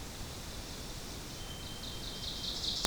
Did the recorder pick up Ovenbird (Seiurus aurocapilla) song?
yes